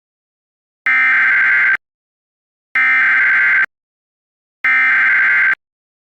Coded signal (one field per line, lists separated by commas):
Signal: Emergency Alert System (SAME) tones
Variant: header bursts